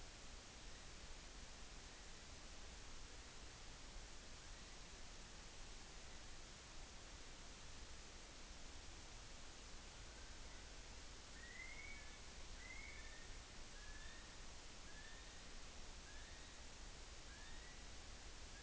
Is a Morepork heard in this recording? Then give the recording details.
no. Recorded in New Zealand on 14 June 2013. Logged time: 02:27. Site Ponui